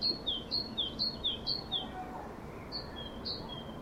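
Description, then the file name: Great tit singing four quick high-low note pairs, then after a short pause two more slower pairs, over a soft hiss. "Parus major"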